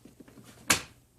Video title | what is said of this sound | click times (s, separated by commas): How To Remove Door Panel for Mazda CX9 2007-2011 | snaps right in there and then the main | 0.7 s